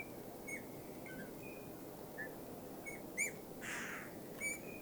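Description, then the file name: Eurasian bullfinch giving soft, plaintive whistles, a few short notes and one longer level tone, with a single rushing burst and constant low hiss. "Pyrrhula pyrrhula"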